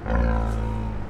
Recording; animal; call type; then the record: contact call of a hoofed animal; wild boar; grunt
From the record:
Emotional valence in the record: positive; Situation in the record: food anticipation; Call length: 1.09 s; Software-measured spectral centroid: 1180 Hz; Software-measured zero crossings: 590 a second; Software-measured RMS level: -24 dBFS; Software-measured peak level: -10 dBFS